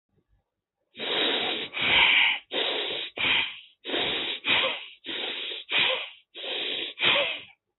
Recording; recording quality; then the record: shallow breathing; excellent, no background noise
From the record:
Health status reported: healthy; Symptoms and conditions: diabetes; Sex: male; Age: 35 years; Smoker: not ticked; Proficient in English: yes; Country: India